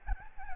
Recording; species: mosquito wingbeat signal from an infrared sensor; Aedes albopictus